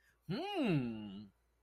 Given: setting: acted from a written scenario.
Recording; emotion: vocal sound without words; interest